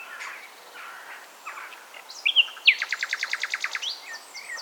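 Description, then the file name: Common nightingale song: soft notes, then two loud whistled notes launching a fast, evenly repeated rattling trill of many pulses. "Luscinia megarhynchos"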